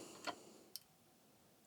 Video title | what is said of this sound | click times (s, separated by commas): This is how to use an 8" disk drive on the PC | there it is i just heard the clicks of those two metal tabs as they went into position it went click click | 0.3 s, 0.8 s